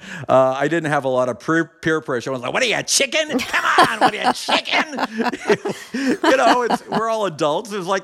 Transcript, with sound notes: I didn't have a lot of peer pressure. No one was like, what are you, a chicken? Come on. What are you, a chicken?
(LAUGHTER)
You know, we're all adults.